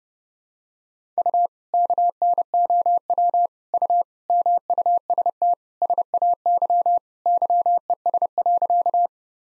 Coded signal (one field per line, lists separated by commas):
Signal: Morse code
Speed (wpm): 30 wpm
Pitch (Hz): 700 Hz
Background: none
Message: U KNOW U MUST SAY YES.